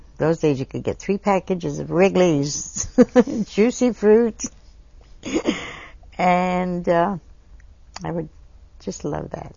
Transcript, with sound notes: Those days, you could get three packages of Wrigley's (laughs) Juicy Fruits. And uh. I would, just love that.